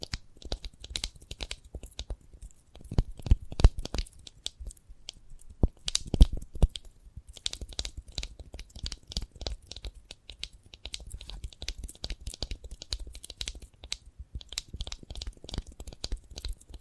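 Dry crunching and tearing sounds of a sprouted coconut being handled or bitten, arriving in dense, irregular bursts throughout. Louder cracks stand out around three and six seconds, with quieter scraping and crackling between.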